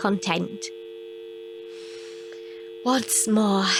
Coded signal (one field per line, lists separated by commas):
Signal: telephone call progress tone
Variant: UK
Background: speech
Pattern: dial tone